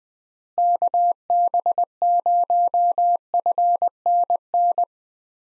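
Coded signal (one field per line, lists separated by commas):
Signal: Morse code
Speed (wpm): 20 wpm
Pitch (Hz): 700 Hz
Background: none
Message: KB0FNN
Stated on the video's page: Head-copy drill of US six-character call signs at 20 wpm, each sent twice before being spoken, then sent again.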